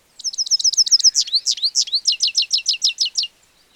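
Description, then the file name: European goldfinch song: a steady stream of high, liquid, tinkling notes delivered rapidly, a few louder slurred elements, then an even repeated series ending cleanly. "Carduelis carduelis"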